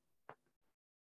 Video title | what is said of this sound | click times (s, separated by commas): Bright Field Microscopy, Dr Seema Sharma | and rotate till the objective clicks into place | 0.3 s